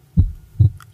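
Two deep thumps about half a second apart, the lub-dub of a human heartbeat, the sound of blood being pumped through the body, followed by a faint click.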